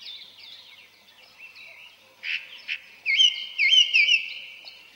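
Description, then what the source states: Song Thrush song: soft phrases, then sharp clicks and loud repeated whistled notes in the second half. Singing in a spring forest, heard from all sides; unhurried, sonorous phrases delivered from the treetops.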